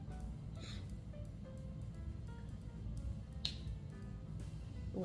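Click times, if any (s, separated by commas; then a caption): 3.5 s. A compartment lid on a Neiman Marcus fragrance advent calendar, which had come open while the calendar was upside down, is pushed back into the calendar box over steady background music. A single sharp, loud snap at 3.5 s marks the lid seating back in place.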